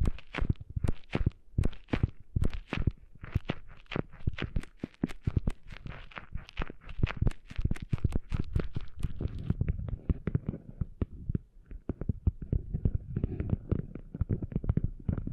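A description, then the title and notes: Rapid crackling and rustling from ear cleaning, with sharp bright clicks early on giving way to denser, lower scratchy rubbing after ten seconds. Cleaning Sand Out of Your Ears (No Talking). ASMR Cleaning Sand Out of Your Ears.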